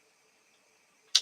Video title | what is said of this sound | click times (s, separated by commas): PREPPER ADVICE FOR BEGINNERS | this actually drops on and locks into place | 1.2 s